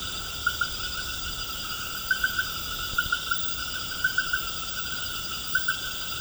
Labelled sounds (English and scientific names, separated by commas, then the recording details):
none
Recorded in pastures near Puerto Asís, Putumayo, Colombia, on 19 March 2025 at 21:30
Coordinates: 0.472, -76.329
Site G074